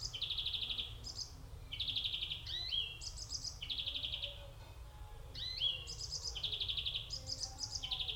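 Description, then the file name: European greenfinch: a continuous run of rattling trills, higher chirps and falling twitters in quick alternation, steady low hum underneath. "Chloris chloris"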